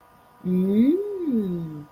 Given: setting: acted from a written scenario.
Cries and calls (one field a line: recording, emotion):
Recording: vocal sound without words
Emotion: desire